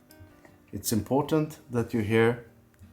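A handmade knife blade is handled at its tight-fitting sheath while someone talks, with a few faint small ticks in the background. Nothing has seated or clicked yet.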